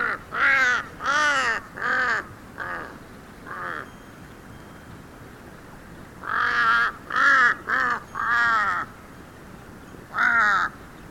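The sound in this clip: Kaka calling in two bursts of harsh, drawn-out, nasal notes, the second group closely spaced, followed by a single late call.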